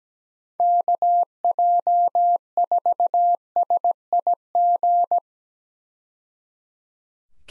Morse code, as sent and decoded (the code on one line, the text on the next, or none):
-.- .--- ....- ... .. --.
KJ4SIG